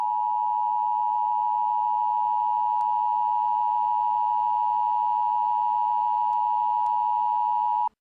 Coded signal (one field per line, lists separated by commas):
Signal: Emergency Alert System (SAME) tones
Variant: 853 and 960 Hz attention tone